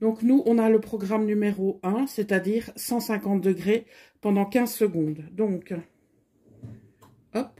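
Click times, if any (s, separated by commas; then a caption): none. The large mat supplied with an automatic heat press is being handled and slid toward its place in the machine while someone talks for most of the clip. After the talking stops near 5.8 s, faint handling sounds follow, with a brief sharper sound near 7.4 s. The mat has not yet seated or clicked into position.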